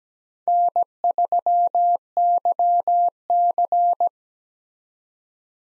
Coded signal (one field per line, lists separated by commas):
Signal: Morse code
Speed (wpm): 17 wpm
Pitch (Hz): 700 Hz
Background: none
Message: N3YC